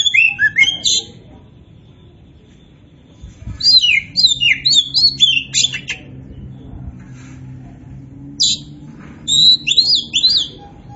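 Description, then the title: Oriental magpie-robin giving several bursts of quick, scratchy, descending chirps with pauses between. Singing strongly (gacor). "Kacer Poci"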